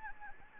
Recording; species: mosquito wingbeat signal from an infrared sensor; Anopheles gambiae